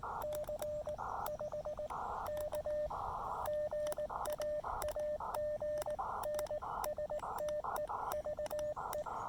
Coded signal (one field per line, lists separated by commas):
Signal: Morse code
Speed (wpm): 19 wpm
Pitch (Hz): 590 Hz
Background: radio noise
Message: C 5 K GA AGN STEVE